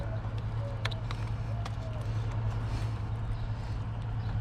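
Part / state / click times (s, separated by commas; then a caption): electrical connector onto ignition coil / not seated / none. A plastic electrical connector is handled at an ignition coil on a 2011 Ford F-150 during spark plug and coil boot replacement, against a steady low hum. A few short ticks and taps are heard near 0.9, 1.1 and 1.7 seconds. Nothing has seated or clicked yet when the clip ends.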